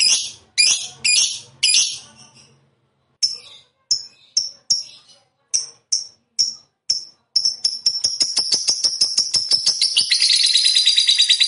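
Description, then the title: Lovebird calls: a few harsh shrieks, then a run of short sharp chips, building into a fast, dense high chattering trill. Fighter lovebird described as gacor, meaning singing energetically. "Berkat SUARA Lovebird FIGHTER GACOR Ini"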